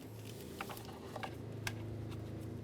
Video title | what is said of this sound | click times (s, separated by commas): How to Replace Radiator Cooling Fan Assembly 2005-2010 Chevrolet Cobalt | it in, listen for a click, and then give it a nice tug to make sure it's completely secured. | 1.7 s